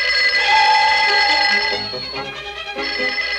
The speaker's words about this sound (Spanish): De pronto el teléfono sonó.